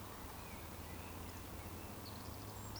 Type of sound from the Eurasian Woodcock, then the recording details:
whistle. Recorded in Baden-Württemberg, Germany, on 23 June 2020 at 19:56 UTC. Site 14569, 102 m above sea level